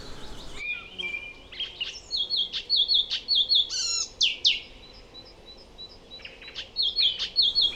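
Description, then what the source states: Icterine Warbler singing a varied, fast song of harsh chattering notes, sharp whistles and repeated squeaky phrases, delivered in bursts with brief pauses. Individual song with imitated phrases that differ from bird to bird depending on where it has travelled, unlike neighbours 200 metres away; just arrived, stays three months, winters south of the Sahara.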